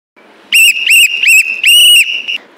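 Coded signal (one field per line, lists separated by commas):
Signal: whistle signal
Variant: Scout whistle command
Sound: pea whistle: three short trilled blasts then one longer blast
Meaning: Leader to come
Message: 3 short, 1 long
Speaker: three small and one long whistle command is for the leader to come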